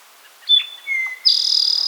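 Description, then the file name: Eastern towhee song with a bright whistled opening note, a steady lower whistle, and a rapid rattling high-pitched trill that runs to the end. "Eastern Towhee - Pipilo erythrophthalmus"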